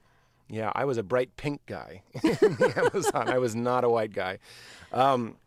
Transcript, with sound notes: Yeah, I was a bright-pink guy...
(LAUGHTER)
...In the Amazon. I was not a white guy.